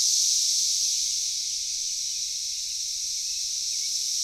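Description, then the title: Cicada chorus as a steady, dense, high-pitched hiss, a little louder at the start before settling to an even drone. Cicadas calling in a backyard in Knoxville, Tennessee, USA. "Knoxville, TN 37920, USA - Backyard Cicadas"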